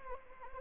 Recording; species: mosquito wingbeat signal from an infrared sensor; Anopheles arabiensis